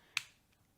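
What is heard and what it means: A plastic refill pod is pushed into the top of an Aegis Boost Plus vape mod body, and it seats with one sharp snap at 0.2 s. A faint bright tick follows around 0.5 s, then the clip fades to quiet background. The pod is clicked into place and has no play.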